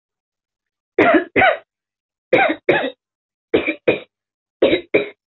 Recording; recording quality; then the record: heavy voluntary cough; excellent, no background noise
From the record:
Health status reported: healthy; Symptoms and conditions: none ticked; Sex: female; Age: 21 years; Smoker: not ticked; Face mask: not worn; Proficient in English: yes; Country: India